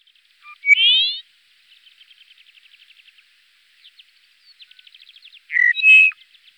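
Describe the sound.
Dupont's lark calls: a loud, buzzy, upslurred note, then soft, rapid trains of ticking notes, ending in a loud, harsh double phrase.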